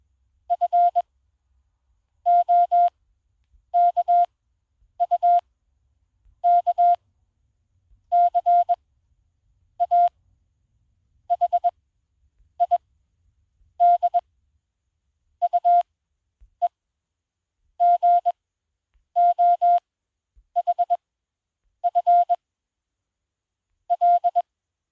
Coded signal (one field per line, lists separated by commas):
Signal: Morse code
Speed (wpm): 21 wpm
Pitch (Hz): 700 Hz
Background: none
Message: F O K U K C A H I D U E G O H F L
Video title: 20 WPM CW Morse code Koch trainer app for Android smartphones and tablets, QWERTY keypad RX feature